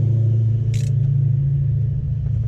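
During an engine rebuild, a wiring connector is pushed onto an engine sensor socket over a steady low rumble. A single sharp click is heard at 0.7 s as the connector seats.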